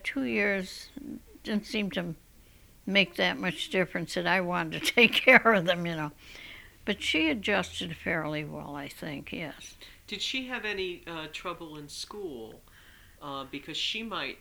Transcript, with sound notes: The two years didn't seem to make that much difference that I wanted to take care of them, you know? ( she laughs ) But she adjusted fairly well, I think, yes.
Did she have any trouble in school, uh, because she might